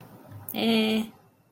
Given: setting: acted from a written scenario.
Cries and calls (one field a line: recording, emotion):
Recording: vocal sound without words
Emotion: neutral